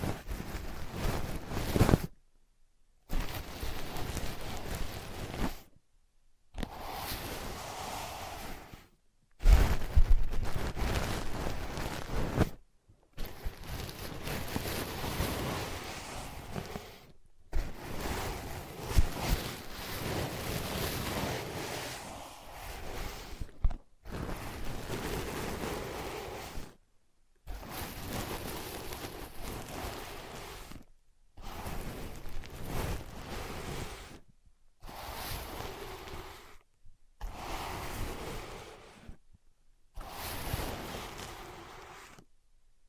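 ASMR scratching and rubbing on ear pads, heard as dense, rustling bursts that fill the low and bright range alike. Each burst runs about two to four seconds, then cuts to brief silence before the next begins, repeating steadily for the whole stretch.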